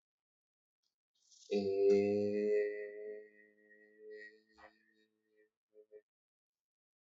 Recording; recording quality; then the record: sustained vowel as in made; excellent, no background noise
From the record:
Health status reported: COVID-19 positive, mild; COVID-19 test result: positive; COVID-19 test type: RT-PCR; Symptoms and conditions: cough, cold, fever, fatigue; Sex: male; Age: 26 years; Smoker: no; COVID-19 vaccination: both doses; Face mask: not worn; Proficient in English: yes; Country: India